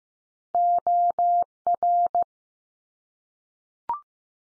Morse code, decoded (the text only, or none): OR